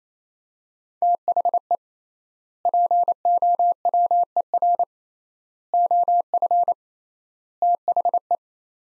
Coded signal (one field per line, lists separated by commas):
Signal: Morse code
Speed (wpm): 28 wpm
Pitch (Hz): 700 Hz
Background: none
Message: THE POWER OF THE